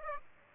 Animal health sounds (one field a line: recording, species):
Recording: mosquito wingbeat signal from an infrared sensor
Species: Aedes aegypti